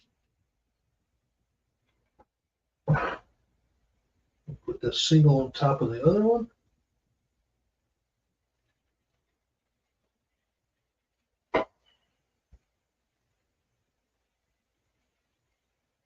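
A single plastic building-set piece is handled for stacking on top of another piece, with a faint tick at 2.2 s and a brief rustling burst near 2.9 s. Someone talks from about 4.5 to 6.5 s, then a sharp short knock comes at 11.6 s and a faint tap near 12.5 s. Nothing has seated or clicked yet.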